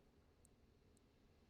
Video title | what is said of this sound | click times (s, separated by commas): P150 MAX SIM Card and APN Setting Tutorial | Press gently until you hear a slight click. | 0.4 s